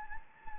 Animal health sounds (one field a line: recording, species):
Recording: mosquito wingbeat signal from an infrared sensor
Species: Anopheles gambiae